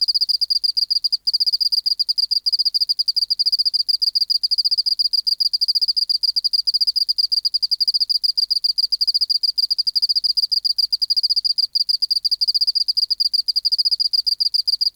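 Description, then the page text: Oceanic field cricket song, a continuous run of rapid pulsed chirps with a bright tonal band, barely pausing across the whole stretch, with no other sounds. Recorded in a museum acoustic laboratory on 19 March 1984 at 11:15, 24°C, 30% humidity, no air movement, dim light. "Teleogryllus oceanicus. BioAcoustica"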